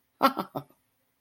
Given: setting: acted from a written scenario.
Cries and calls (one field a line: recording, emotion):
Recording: vocal sound without words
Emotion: positive surprise